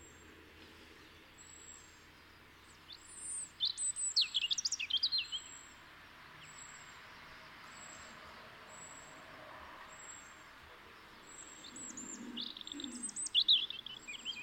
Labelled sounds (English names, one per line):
European Robin song